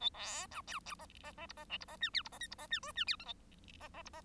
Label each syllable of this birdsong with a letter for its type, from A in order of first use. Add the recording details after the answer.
A B C D D E E E F E G F E H I F E J F E H K H I L G E E F E. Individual Bird1